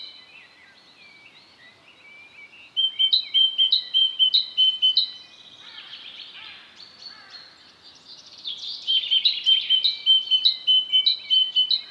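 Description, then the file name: Great tit singing loud, ringing two-note phrases in fast repeated series, broken by a short scratchy jumble midway before the see-saw pattern resumes. "Parus major"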